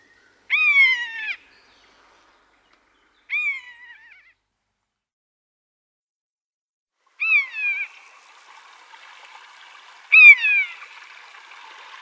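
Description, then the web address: Common buzzard giving drawn-out, down-slurred mewing calls, four in all, spaced a few seconds apart, with a soft hiss rising in the background toward the end. "Schulze Peter Common Buzzard"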